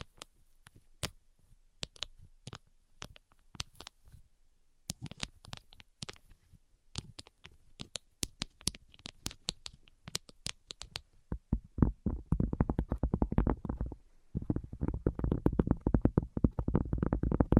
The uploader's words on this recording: ASMR 10 Levels of Tapping Tingle Immunity Treatment (No Talking).